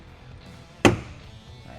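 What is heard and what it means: The rear engine deck lid of an R8 mid-engine sports car is lowered gently and pressed down onto the car body. A single sharp, broadband click sounds at 0.9 s against quiet background noise, then decays quickly. The lid's latch catches and the deck lid is seated shut.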